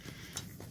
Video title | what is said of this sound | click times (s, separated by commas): Windshield wiper replacement | then you'll know it's there it is you hear your little click no it's clicked into place now | 0.4 s